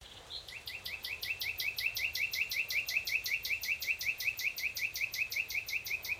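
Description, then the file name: Common nightingale song, one clear whistle followed by a fast, very even rattling series of repeated chirped notes lasting several seconds. "Luscinia megarhynchos"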